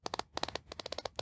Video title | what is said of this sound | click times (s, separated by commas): Kore Leather Gun Belt Review - Low Profile Tactical EDC | and when it goes in it clicks through | 0.1 s, 0.2 s, 0.4 s, 1.2 s